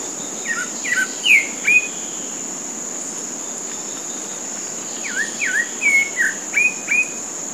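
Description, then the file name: Pale-breasted thrush song in two bursts of short whistled phrases, some rising, some falling, separated by a pause, over a steady high cricket drone. Golf course on Comandatuba Island, Bahia, Brazil; 30 January 2013. "Turdus-leucomelas-golfe-IComandatuba BA-BR-30-1-13-ASilveira"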